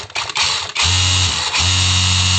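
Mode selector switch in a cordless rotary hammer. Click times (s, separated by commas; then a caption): 0.3 s. The mode selector switch on a HEIMERDINGER LB305 cordless rotary hammer is pushed after the bit kept turning in hammer-only mode, and it clicks into its detent at 0.3 s. From about 0.8 s the tool runs with a steady motor hum, dips briefly near 1.5 s, then resumes. The switch is seated: the bit no longer rotates and only hammers.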